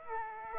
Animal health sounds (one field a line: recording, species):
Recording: mosquito wingbeat signal from an infrared sensor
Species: Aedes aegypti